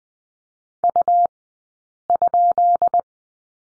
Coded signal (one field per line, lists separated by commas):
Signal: Morse code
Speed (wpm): 20 wpm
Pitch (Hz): 700 Hz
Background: none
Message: U?